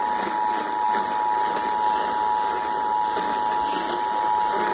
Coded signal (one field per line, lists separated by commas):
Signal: Emergency Alert System (SAME) tones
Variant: 853 and 960 Hz attention tone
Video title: EAS #563 Flash Flood Warning on WHAD-FM